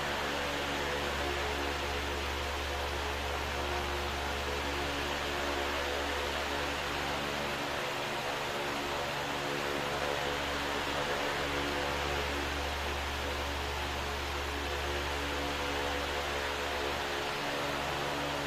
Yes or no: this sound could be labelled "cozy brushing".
no